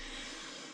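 The leg piece of a wooden or cardboard 3D owl puzzle is being worked into its slot in the owl's body. Only a steady, broadband hiss-like rustle is heard, with no distinct knock. Nothing has seated or clicked yet.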